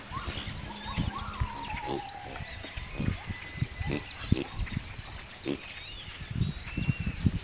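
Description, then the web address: Pig giving low, deep grunts in irregular bursts, while several birds sing whistled, sliding phrases in the background. Pig grunting with birds singing. "pig grunting and birds singing"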